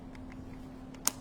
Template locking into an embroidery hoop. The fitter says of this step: Just do this until it clicks. One good click. You know it's locked